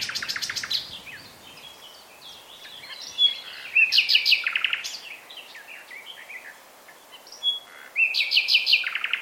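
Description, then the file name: Common nightingale song in loud, varied phrases, rapid stuttering series of repeated notes at the start and end, with scratchy and whistled notes between and short pauses. "Luscinia megarhynchos"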